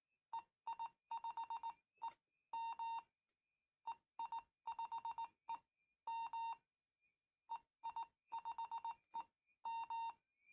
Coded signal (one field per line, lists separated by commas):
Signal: Morse code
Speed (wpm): 19 wpm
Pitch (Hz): 920 Hz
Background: none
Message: EI5EM EI5EM EI5EM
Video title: Memory Keyer with Iambic Touch Paddles by EI5EM